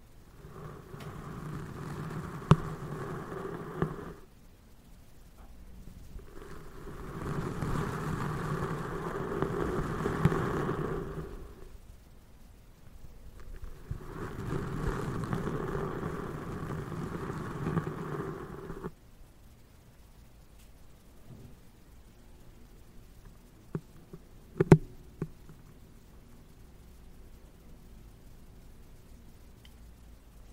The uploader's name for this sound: windscreen touching , handmovement